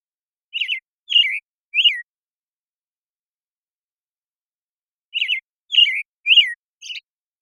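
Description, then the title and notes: American Robin song: three caroling phrases, a quiet pause, then four more slurred whistles, the last one softer. Morning song in a very long sequence, from the Pacific Northwest, Washington, United States; parabolic recording processed clean for clarity with natural pacing and rhythm kept. "BIRDSong Thrushes And Allies - American Robin Morning Song. American Robin, Turdus migratorius, morning song. Recorded in the beautiful Pacific Northwest, Washington, United States"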